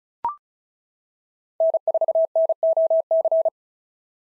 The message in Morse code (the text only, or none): N4NOC